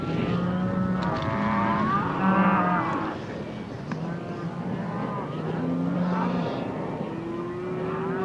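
Cows mooing, several low, drawn-out moos throughout.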